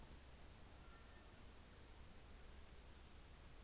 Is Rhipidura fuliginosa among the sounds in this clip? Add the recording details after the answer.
no. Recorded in New Zealand on 24 December 2018. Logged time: 14:45